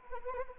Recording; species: mosquito wingbeat signal from an infrared sensor; Anopheles arabiensis